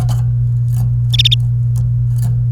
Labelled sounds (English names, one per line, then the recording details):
Domestic Canary song
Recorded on 29 April 2018 at 09:34
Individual llb3